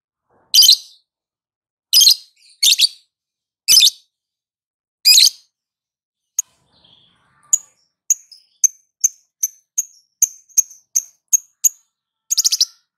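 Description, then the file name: Lovebird sounds: five harsh scratchy chirps, then a steady run of many short, sharp ticking notes, ending in a brief rattle. Lovebird singing in the ngetik (ticking) style and a long ngekek trill. "lovebird ngetik ngekek panjang"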